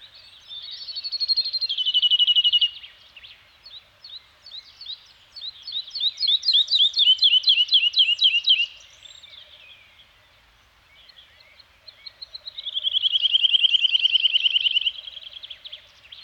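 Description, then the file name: Bird song in three clear bursts: a descending slurred phrase, a fast chattering trill around the middle, and a long, steady rapid trill after a pause. Birds singing in a Scandinavian forest. "Nature Soundscape - Scandinavian Forest Environment with Birds Singing"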